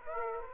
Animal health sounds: mosquito wingbeat signal from an infrared sensor; Aedes aegypti

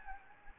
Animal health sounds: mosquito wingbeat signal from an infrared sensor; Anopheles gambiae

